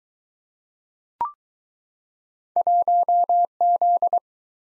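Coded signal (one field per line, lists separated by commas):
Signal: Morse code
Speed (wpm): 20 wpm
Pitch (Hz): 700 Hz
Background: none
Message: 1Z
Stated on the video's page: Morse practice of two letter-number combinations, starting fast and slowing to a 15 wpm base speed, final repeat at maximum speed.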